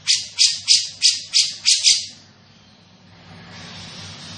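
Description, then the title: Grey-cheeked bulbul giving harsh, rasping notes, seven in a quick series about three per second, then quiet with a faint hiss. Bird vocalising actively and persistently (gacor), with a dense and clear voice. "Cucak Jenggot Gacor, Suara Rapat Dan Jernih"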